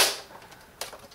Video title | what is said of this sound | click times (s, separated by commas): {TUT}Team Xecuter Xbox 360 Unlock Kit From MODJUNKIEZ | gonna hear some clicks it's | 0.8 s